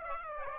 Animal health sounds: mosquito wingbeat signal from an infrared sensor; Aedes aegypti

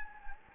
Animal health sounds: mosquito wingbeat signal from an infrared sensor; Anopheles gambiae

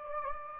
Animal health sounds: mosquito wingbeat signal from an infrared sensor; Anopheles gambiae

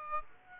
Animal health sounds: mosquito wingbeat signal from an infrared sensor; Aedes aegypti

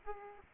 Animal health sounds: mosquito wingbeat signal from an infrared sensor; Aedes aegypti

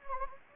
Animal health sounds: mosquito wingbeat signal from an infrared sensor; Anopheles gambiae

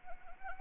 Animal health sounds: mosquito wingbeat signal from an infrared sensor; Anopheles arabiensis

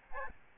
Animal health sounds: mosquito wingbeat signal from an infrared sensor; Aedes albopictus

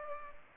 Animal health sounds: mosquito wingbeat signal from an infrared sensor; Culex pipiens

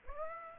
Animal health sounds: mosquito wingbeat signal from an infrared sensor; Aedes aegypti

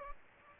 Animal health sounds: mosquito wingbeat signal from an infrared sensor; Aedes aegypti

